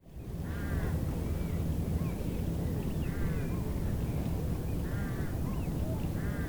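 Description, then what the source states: Eurasian wigeon calls, clear whistled notes repeated several times, with other bird calls and a constant low background rumble. Wigeon calling on the fjord with other birds, Veddelev, Roskilde Fjord, Denmark; recorded with Sony PCM-D100 internal mics.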